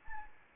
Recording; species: mosquito wingbeat signal from an infrared sensor; Anopheles arabiensis